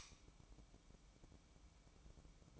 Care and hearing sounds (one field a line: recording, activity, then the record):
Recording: daily activity, microphone in the room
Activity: light on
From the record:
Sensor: 1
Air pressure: 1007.9 hPa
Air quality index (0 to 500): 126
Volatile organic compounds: 2 ppm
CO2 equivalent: 1063 ppm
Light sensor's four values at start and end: 9/21/8/9 and 17/52/21/22